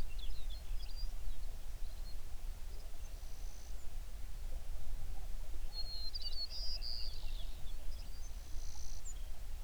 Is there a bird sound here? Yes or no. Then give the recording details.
yes. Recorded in the Prudhoe Bay oil fields, Alaska, on 11 June 2019 at 05:18. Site 21